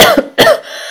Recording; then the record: coughing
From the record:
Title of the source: Coughing Woman Sound - Woman Cough Sound Effect